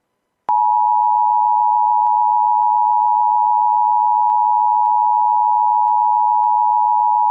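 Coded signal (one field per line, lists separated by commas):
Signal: Emergency Alert System (SAME) tones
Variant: 853 and 960 Hz attention tone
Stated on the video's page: Mock recreation of a real Nebraska Amber Alert, using an Eton Zoneguard weather radio advisory tone.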